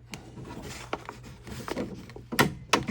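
Prying on the interior door latch mechanism of a Jeep TJ Wrangler door to pop the threaded rod linkage into place produces a series of small knocks and scrapes. A sharp, loud snap at 2.7 s marks the linkage seating into the latch mechanism.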